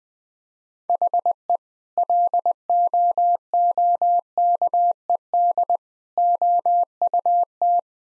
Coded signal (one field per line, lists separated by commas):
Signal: Morse code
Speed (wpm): 20 wpm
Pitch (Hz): 700 Hz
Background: none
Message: HE LOOKED OUT